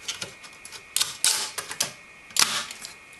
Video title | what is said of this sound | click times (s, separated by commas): Thermaltake Frio OCK Overview and Unboxing | and it locks into place | 2.4 s